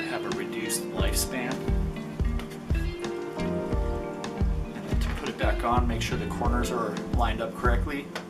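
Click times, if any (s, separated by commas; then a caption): none. Someone talks over background music while the plastic UV bulb cover is handled and lined up at its corners to go back onto a Germ Guardian AirSafe+ air purifier housing. A few short handling knocks are heard. Nothing has seated or clicked into place yet.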